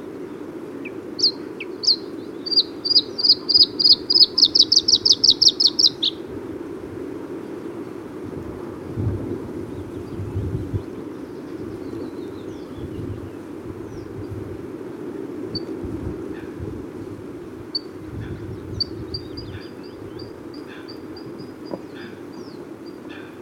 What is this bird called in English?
Bluethroat